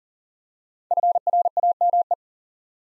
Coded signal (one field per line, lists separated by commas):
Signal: Morse code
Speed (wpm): 43 wpm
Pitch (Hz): 700 Hz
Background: none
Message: FRAME